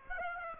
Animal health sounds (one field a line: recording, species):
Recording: mosquito wingbeat signal from an infrared sensor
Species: Aedes aegypti